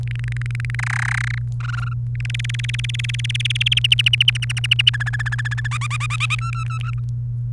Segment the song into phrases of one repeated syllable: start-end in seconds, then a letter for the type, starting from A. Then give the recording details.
0.07-0.75 A, 0.79-1.38 B, 1.60-1.93 C, 2.15-3.79 D, 3.84-4.90 E, 4.93-5.67 F, 5.71-6.35 G, 6.38-7.00 H. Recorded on 29 April 2018 at 16:06. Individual llb3